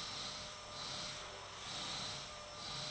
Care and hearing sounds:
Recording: daily activity, microphone in the room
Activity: vacuum cleaning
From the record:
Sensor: 3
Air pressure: 1000.1 hPa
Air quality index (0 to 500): 136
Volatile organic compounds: 2 ppm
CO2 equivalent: 1210 ppm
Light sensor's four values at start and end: 40/103/43/48 and 40/103/43/47

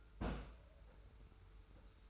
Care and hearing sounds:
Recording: daily activity, microphone in the room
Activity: place on stove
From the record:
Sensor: 2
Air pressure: 990.9 hPa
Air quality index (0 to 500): 109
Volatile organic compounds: 47 ppm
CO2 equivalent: 3250 ppm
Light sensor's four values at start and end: 35/103/40/39 and 35/103/40/39

